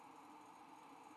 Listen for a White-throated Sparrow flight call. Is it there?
no